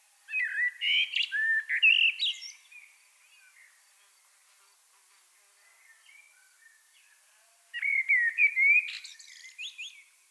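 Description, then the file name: Common blackbird sings two warbling phrases separated by several seconds of near quiet, each flute-like and trailing off in scratchy, high-pitched notes. "Turdus merula"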